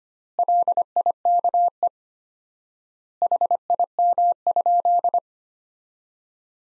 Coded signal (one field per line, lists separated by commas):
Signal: Morse code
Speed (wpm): 25 wpm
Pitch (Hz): 700 Hz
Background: none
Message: LIKE HIM?